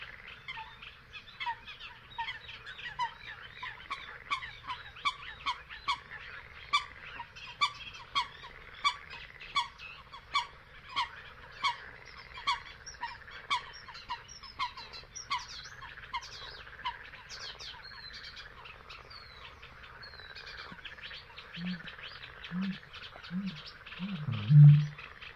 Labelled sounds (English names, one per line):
Great Bittern